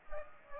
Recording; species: mosquito wingbeat signal from an infrared sensor; Aedes aegypti